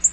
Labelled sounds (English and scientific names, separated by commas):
Black-throated Green Warbler (Setophaga virens) flight call